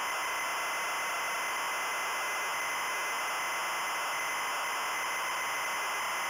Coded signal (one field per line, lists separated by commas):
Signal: ZX Spectrum tape loading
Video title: Chloe Aprende a Reciclar (ZX Spectrum) Loading